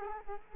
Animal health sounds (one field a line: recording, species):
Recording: mosquito wingbeat signal from an infrared sensor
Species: Culex quinquefasciatus